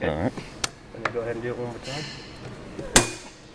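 A pistol part sits muzzle-in on a riveting fixture, and the lever of the rivet press is pulled down to set the rivets while someone talks. Soft clicks and handling sounds come before a loud snap at 2.9 seconds as the press closes and the rivets seat.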